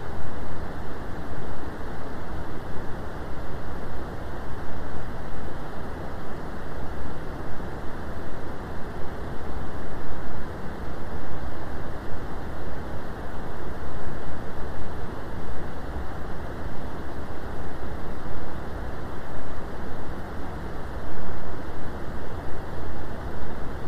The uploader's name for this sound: Brown Noise